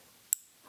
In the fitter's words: that snaps into place